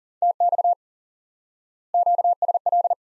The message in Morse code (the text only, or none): TX QSL